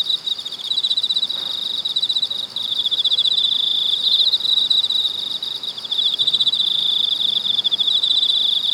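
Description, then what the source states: Cicadas in a continuous high buzzing chorus, pulsing and wavering in loudness, with several overlapping insects and no other clear sounds. Cicadas in Weinan, China.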